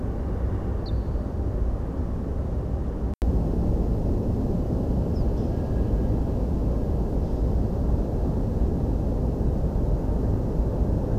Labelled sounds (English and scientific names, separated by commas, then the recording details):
Ortolan Bunting (Emberiza hortulana)
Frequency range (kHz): Ortolan Bunting (Emberiza hortulana) 3.4-6.2 kHz
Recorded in France